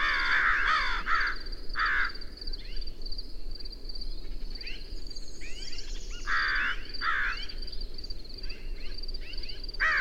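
Bird calls, rasping caws in scattered bursts over a steady high-pitched ticking and low background rumble.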